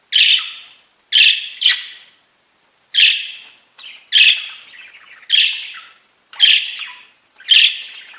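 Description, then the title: Budgerigar calls, eight or so sharp harsh chirps, some in quick pairs, separated by short silences of under a second. "Budgie Sounds"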